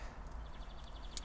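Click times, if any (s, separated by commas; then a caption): 1.2 s. A removable ferro rod and whistle piece is pushed back into its clip on the front of a Leatherman Signal multi-tool handle. Over a steady low background hum, a faint tick is heard at 0.8 s, then a sharp, short click at 1.2 s as the piece clicks back into place and is seated.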